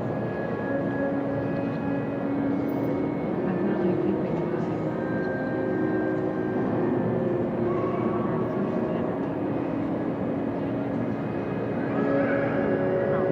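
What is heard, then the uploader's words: Union Station's main hall in Chicago carries a steady, dense murmur of many overlapping voices, with faint tonal hums threading through throughout. Ambient recording at Union Station. This was recorded in the main hall at Union Station in Chicago, Illinois.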